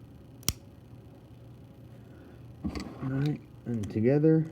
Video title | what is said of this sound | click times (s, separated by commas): Beyblade Burst Rise Cosmic Kraken and Gargoyle G5 Unboxing+review (QR Codes) | Oh, hear that snap noise that it makes. | 0.5 s